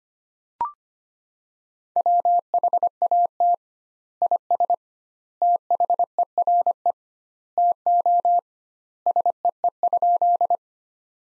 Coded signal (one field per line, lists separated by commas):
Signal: Morse code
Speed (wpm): 25 wpm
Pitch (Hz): 700 Hz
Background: none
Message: WHAT IS THERE TO SEE?